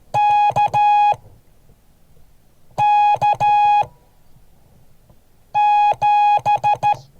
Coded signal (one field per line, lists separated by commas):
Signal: Morse code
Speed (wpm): 12 wpm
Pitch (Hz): 830 Hz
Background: none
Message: KK7